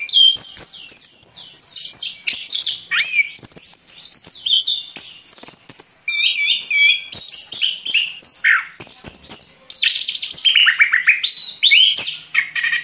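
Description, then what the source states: Orange-headed thrush in continuous song, dense high chattering phrases mixing clear whistles, harsh buzzy notes and fast trills for over twelve seconds. Singing vigorously and continuously (gacor), local name anis kembang.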